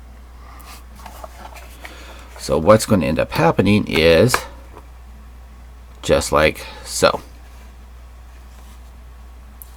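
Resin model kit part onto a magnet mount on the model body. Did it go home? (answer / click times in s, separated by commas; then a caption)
yes / 9.6 s. A resin conversion part for a 1/100 scale Zeong model kit is brought onto a magnet mounted under a lip of the kit body while someone talks. After a quiet stretch, a single sharp snap at 9.6 s marks the part seating into place on the magnet.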